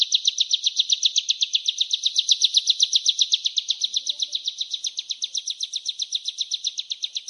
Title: Suara ciblek gunung